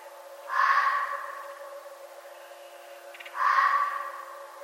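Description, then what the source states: Red fox giving two rough, hoarse calls about three seconds apart, each loud at first then tapering, over a faint hum. Recorded 11 November 2011.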